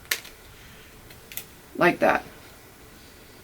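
A plastic replacement lens is pushed forward with the thumbs while the sections of an Oakley Crankshaft sunglass frame are pulled outward. The lens pops out of the frame groove with a sharp click at 0.1 s, and faint clicks follow at 1.3 s and 1.4 s. Someone then talks briefly.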